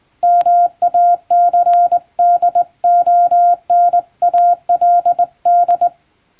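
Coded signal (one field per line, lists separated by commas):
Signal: Morse code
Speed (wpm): 20 wpm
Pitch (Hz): 700 Hz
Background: none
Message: MACDONALD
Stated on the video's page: Hand-sent English-language radiogram practice in Morse on a JRC marine telegraph key, the type favoured by ship radio operators.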